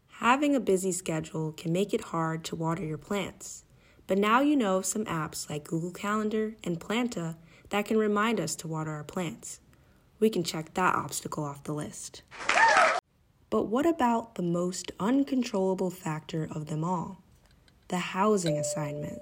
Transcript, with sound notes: Having a busy schedule can make it hard to water your plants, but now you know of some apps like Google Calendar and Planta that can remind us to water our plants. We can check that obstacle off the list! (Nat sound: cheer sound) But what about the most uncontrollable factor of them all –The Housing assignment?